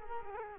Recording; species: mosquito wingbeat signal from an infrared sensor; Culex quinquefasciatus